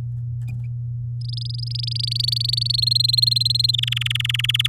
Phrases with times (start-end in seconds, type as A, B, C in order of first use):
1.21-2.81 A, 2.82-3.76 B, 3.78-4.67 C